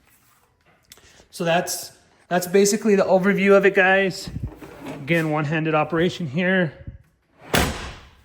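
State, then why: Seated. A RYOBI Stowaway wall-mounted folding workbench table is unfolded one-handed while someone talks. At 7.6 s, the folding table support snaps into its locked open position in the wall-mounted frame with a loud, slam-like click, and the workbench leg locks into place.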